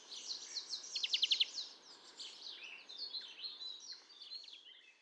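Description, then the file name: European greenfinch calls: soft twittering notes with a brief rapid trill early on, then scattered high chirps and twitters over a faint hiss. "Chloris chloris"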